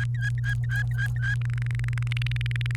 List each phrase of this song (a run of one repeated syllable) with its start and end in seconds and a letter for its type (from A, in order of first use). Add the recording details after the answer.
0.14-1.35 A, 1.41-2.75 B. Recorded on 28 April 2018 at 15:28. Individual llb3